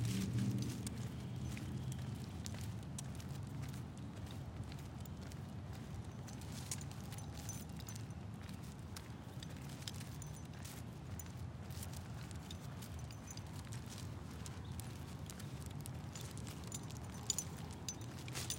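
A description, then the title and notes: A dog being walked at night through a neighborhood in Phoenix, Arizona, with a steady low rumble underneath and a constant scatter of short clicks and taps, like footsteps and jingling. Brighter rattles from her harness stand out now and then, notably near seventeen seconds. Walking the dog at night through my neighborhood in Phoenix Arizona. Join me and my dog on a cool evening walk around our neighborhood. You’ll hear her shaking her harness every now and then.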